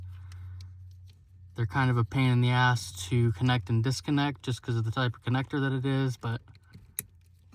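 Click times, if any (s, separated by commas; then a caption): 7.0 s. A tuning cable connector is pushed by hand into the car's wiring harness connector up under the dash of an STI, a fiddly connector type that is awkward to connect and disconnect. Someone talks while faint taps and rustles sound, then a single sharp click at 7.0 s marks the connector seating and the connectors are joined.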